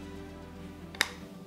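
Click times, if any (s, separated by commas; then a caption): 1.0 s. On an Africa Twin motorcycle fork being fitted with Hyperpro springs, the outer fork tube is raised onto the threaded fork cap and turned backwards by hand over a steady low background hum. A single sharp click at 1.0 s, with a faint tick just before it, marks the metal thread starts dropping into place, so the threads are lined up and seated for threading on.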